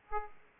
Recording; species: mosquito wingbeat signal from an infrared sensor; Aedes aegypti